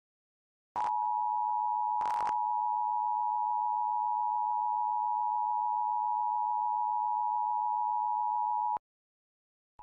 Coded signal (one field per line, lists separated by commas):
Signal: Emergency Alert System (SAME) tones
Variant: 853 and 960 Hz attention tone